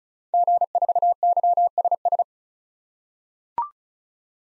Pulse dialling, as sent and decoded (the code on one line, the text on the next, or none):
none